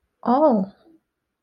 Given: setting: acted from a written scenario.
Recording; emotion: vocal sound without words; realization